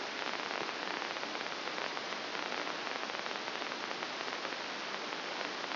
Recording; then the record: brain microelectrode recording played as sound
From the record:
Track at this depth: inside the subthalamic nucleus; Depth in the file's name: 3.366 mm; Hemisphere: left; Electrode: 2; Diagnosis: Parkinson's disease